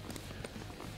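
Short ratchet clicks at 0.1 s, 0.2 s and 0.5 s as the rider, boot in the snowboard binding, tightens the rear ankle strap's ratchet buckle over the boot. The strap is drawn firm so the foot does not move side to side.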